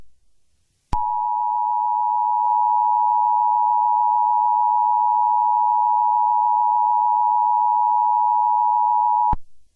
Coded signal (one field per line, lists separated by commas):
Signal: Emergency Alert System (SAME) tones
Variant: 853 and 960 Hz attention tone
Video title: EAS scenario #1: The doom Rig